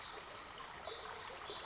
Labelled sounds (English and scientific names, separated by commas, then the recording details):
Pacific Wren (Troglodytes pacificus)
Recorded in Sonoma County, California